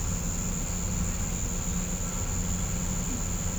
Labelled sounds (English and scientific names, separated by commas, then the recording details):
none
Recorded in pastures near Puerto Asís, Putumayo, Colombia, on 21 December 2024 at 08:30
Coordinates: 0.505, -76.324
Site G063